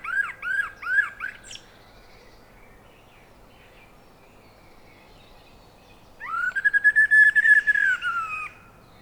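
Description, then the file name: Common blackbird: three arched, fluted notes in quick succession, then a longer sustained whistled phrase broken into rapid pulses, against a quiet background. "Turdus merula"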